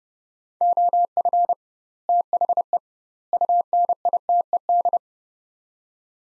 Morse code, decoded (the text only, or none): OF THE UNITED